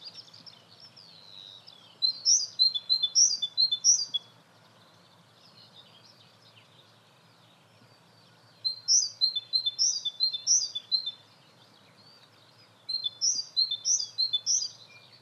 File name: Parus major